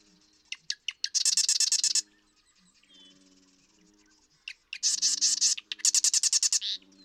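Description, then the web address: Marsh Wren giving two bursts of clicks leading into loud buzzy rattles, with low hollow tones pulsing repeatedly in the background. "birdsongforthecurious Marsh Wren"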